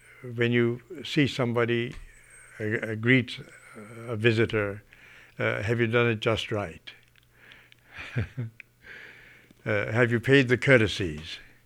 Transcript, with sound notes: when you see somebody, greet a visitor, have you done it just right? (he laughs) Have you paid the courtesies